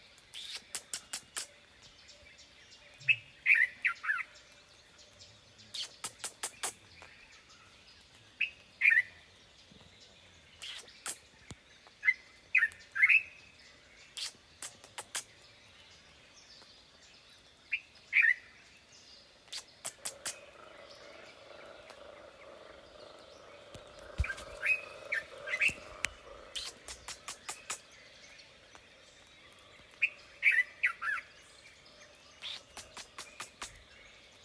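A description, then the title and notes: Birds call in the Kakamega Rainforest, with short bright chirps and trilled phrases recurring every few seconds over a low, steady hum. Sharp clicks and ticks come in scattered bursts throughout, and a soft whistling wash swells around the middle and fades again. Recorded at Kakamega Rainforest, Rondo Reserve.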